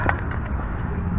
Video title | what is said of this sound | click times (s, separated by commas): 2007-2013 Chevy Silverado / GMC Sierra Rear Brake Shoes Replacement | and that snapped in place | 0.1 s